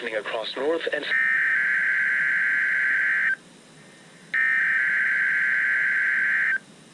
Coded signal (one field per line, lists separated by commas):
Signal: Emergency Alert System (SAME) tones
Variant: header bursts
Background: speech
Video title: EAS #141- 8/19/20 Required Weekly Test on KEC80